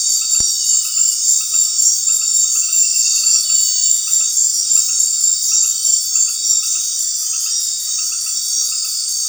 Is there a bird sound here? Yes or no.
no